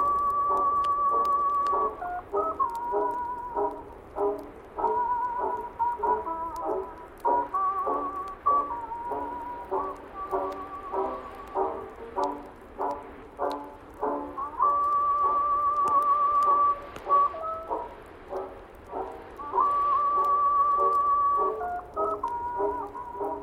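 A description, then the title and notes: Oldies music plays from another room, sounding muffled, with the highs cut away. A steady melody of held and stepping notes in a middle range runs throughout, with a regular beat pulsing beneath and a faint low rumble in the background. Oldies music playing softly from another room.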